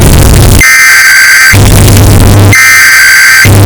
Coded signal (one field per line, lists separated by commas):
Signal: Emergency Alert System (SAME) tones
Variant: header bursts